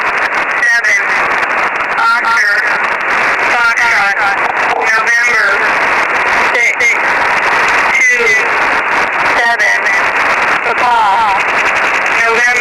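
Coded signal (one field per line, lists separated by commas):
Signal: coded military voice message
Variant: HFGCS Emergency Action Message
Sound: voice reading short clipped words through heavy single-sideband radio static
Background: radio static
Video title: 13200 USB - EAS - Emergency Action Message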